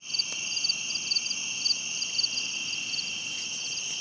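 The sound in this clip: Cricket chirping, a steady high trill with brighter pulsed chirps bunched irregularly, over a faint low hiss.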